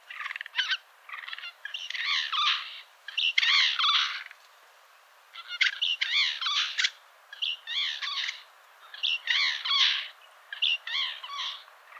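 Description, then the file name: Eurasian jay uttering a long series of harsh, grating screech-like calls, bursts coming every second or two with brief pauses, loud and repeated throughout. "Garrulus glandarius"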